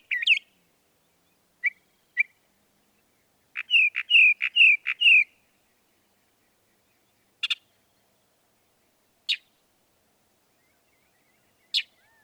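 Northern mockingbird: scattered short whistled notes, a burst of four to five loud repeated syllables, then single sharp notes every two seconds.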